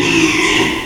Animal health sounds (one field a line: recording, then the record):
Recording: squeal of a Yucatan mini pig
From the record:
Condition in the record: after surgery on the right vocal fold (resection and tissue-engineered implant)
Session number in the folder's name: 1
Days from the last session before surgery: 6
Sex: male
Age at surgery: 12 weeks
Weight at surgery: 13 kg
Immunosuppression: cyclosporine, prednisolone